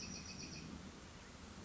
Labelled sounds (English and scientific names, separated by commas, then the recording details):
Bewick's Wren (Thryomanes bewickii)
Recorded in Sonoma County, California